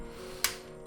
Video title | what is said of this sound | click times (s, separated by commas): Nemesis Transforms Transformers Masterpiece MP-57 Skyfire | like that I'll click into place nice nice loud click and again make sure this one's all tapped together | 0.4 s